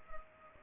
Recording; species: mosquito wingbeat signal from an infrared sensor; Culex pipiens